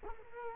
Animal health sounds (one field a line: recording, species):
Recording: mosquito wingbeat signal from an infrared sensor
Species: Culex quinquefasciatus